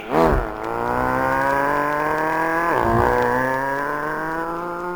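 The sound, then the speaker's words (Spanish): A taxi engine revs and pulls away, its pitch climbing steadily through the gears with a brief dip as it shifts, loud and continuous with no voices. “Subieron a un taxi.”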